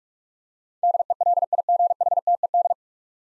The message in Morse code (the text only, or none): DELIGHTED